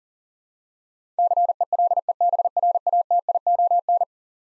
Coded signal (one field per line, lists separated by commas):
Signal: Morse code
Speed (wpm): 40 wpm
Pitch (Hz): 700 Hz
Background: none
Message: CELEBRATION